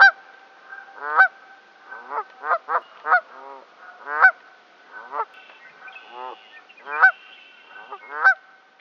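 Canada goose honking, strong stacked honks in quick uneven bursts, sometimes doubled, over a thin steady background tone.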